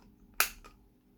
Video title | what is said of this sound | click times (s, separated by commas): Nikon Nikkor 16-80mm f2.8 ED Lens Review | clicked into place. It's not going anywhere unless you drop your lens. | 0.4 s